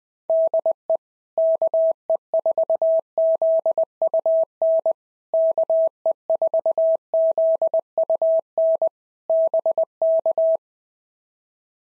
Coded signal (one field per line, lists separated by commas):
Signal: Morse code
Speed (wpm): 20 wpm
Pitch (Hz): 650 Hz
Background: none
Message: DE KE4ZUN KE4ZUN BK